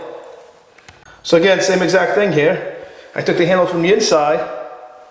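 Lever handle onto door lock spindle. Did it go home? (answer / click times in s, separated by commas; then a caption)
no / none. The inside lever handle of a Schlage bed and bath locking door handle with reversible handles, on a new door, has been taken off and reversed to go back onto the lock spindle. Two faint, brief ticks sound at about 0.8 and 0.9 s, then someone talks over the handling. Nothing has seated or clicked into place yet.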